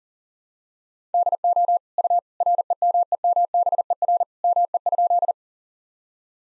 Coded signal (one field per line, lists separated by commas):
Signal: Morse code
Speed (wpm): 37 wpm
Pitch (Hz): 700 Hz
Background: none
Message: DO U REMEMBER ME?